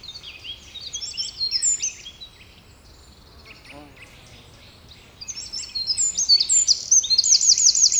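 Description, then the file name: Eurasian wren singing in high, rapid bursts of chattering notes; a pause of about three seconds, then the song resumes and ends in a fast, ringing trill. "Troglodytes troglodytes"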